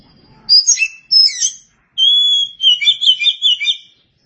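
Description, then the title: Oriental magpie-robin delivering loud bright whistles: two sharp slurred notes, a long steady whistle, then a quick bubbling warble of rapid notes. "Suara Kicauan Burung Kacer"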